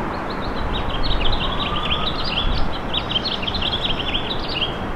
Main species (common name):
House Finch